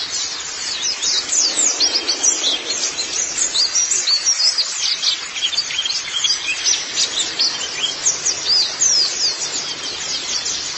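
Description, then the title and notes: White-eye song, a continuous high twitter of quick chirps with slight swells and dips in loudness. "Kicauan Burung Pleci Durasi Panjang. Suara kicauan burung pleci"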